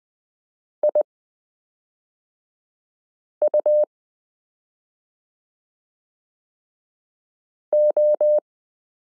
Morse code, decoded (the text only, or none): IUO